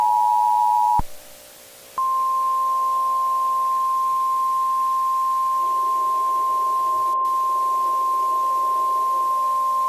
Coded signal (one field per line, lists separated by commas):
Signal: Emergency Alert System (SAME) tones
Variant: 853 and 960 Hz attention tone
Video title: EAS Scenario - Skinwalker REMASTERED - Part 2